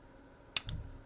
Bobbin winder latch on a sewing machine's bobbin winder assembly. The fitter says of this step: And it will release and click into place.